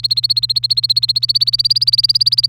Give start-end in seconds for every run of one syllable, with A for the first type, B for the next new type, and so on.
0.00-2.48 A